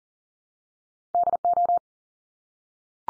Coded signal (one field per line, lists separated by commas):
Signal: Morse code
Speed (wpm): 39 wpm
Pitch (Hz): 700 Hz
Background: none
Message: DO